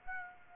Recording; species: mosquito wingbeat signal from an infrared sensor; Aedes aegypti